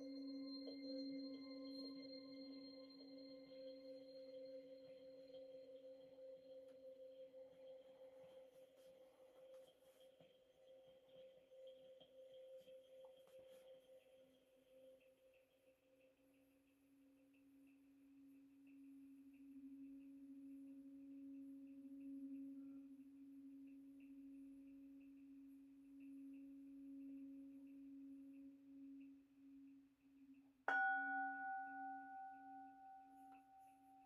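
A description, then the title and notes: A singing bowl hums steadily with a low drone and fading overtones, then is struck again near thirty seconds, ringing bright. MIDI and BOWL sounds 7 mins per chakra.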